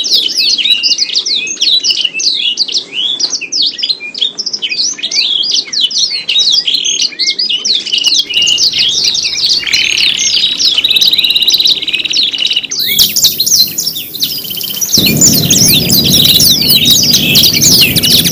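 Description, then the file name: Canary song of quick, jumbled high trills and chirps; a loud broad hiss joins the singing in the final seconds. Simulated canary singing contest with tutor songs (isian), part 3. "audio-simulasi-lomba-kenari-isian 3-omkicau"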